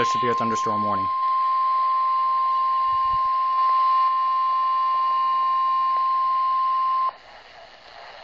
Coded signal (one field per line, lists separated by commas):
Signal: Emergency Alert System (SAME) tones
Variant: 1050 Hz attention tone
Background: speech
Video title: EAS 108 - Severe Thunderstorm Warning Cass IL